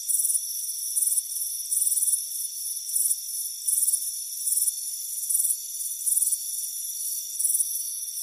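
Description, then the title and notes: Shrill pulsed cricket chirps recur in short bursts against a constant high-pitched whine. Crickets chirping on a warm afternoon by a front porch. "Soothing Crickets Chirping Sound. It's a warm afternoon as you relax in a hammock on the front porch. Relax and fall asleep to the soothing sound of chirping crickets. Deep Sleep Sounds"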